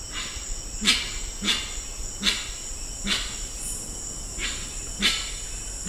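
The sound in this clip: Grey-winged trumpeter call: low hollow hoots at short intervals, each with a crackling click on top, while insects buzz continuously at high pitch.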